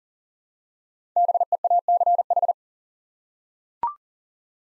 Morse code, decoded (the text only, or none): BEACH